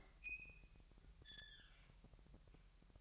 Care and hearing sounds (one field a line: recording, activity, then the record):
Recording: daily activity, microphone in the room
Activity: open fridge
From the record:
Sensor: 3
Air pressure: 1001.9 hPa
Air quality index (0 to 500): 246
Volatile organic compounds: 51 ppm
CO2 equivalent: 3304 ppm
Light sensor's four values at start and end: 12/36/15/13 and 12/36/16/13